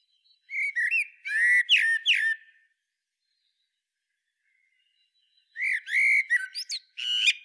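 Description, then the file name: Eurasian blackbird song with two separate phrases about five seconds apart, each made of rich whistled notes followed by thin, high, scratchy twitters. "Turdus merula"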